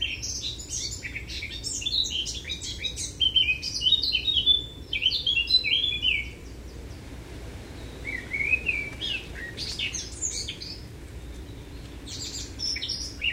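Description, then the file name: Eurasian blackcap singing two main phrases: a long mixed warble of scratchy and fluted notes, a pause, then another rapid twittering run and a final short burst. "Sylvia atricapilla"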